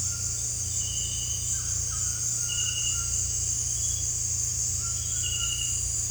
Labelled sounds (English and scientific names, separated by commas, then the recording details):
none
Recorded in dense forest near Puerto Asís, Putumayo, Colombia, on 18 December 2024 at 18:00
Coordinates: 0.467, -76.328
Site GP05